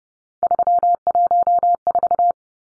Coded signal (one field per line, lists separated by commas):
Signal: Morse code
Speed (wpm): 30 wpm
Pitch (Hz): 700 Hz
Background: none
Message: 314